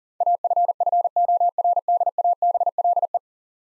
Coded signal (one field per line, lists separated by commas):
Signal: Morse code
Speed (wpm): 40 wpm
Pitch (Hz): 700 Hz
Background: none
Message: AFFORDABLE